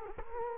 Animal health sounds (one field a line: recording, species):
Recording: mosquito wingbeat signal from an infrared sensor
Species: Culex quinquefasciatus